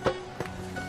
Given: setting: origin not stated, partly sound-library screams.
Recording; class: one-second piece from a danger detection set; normal situation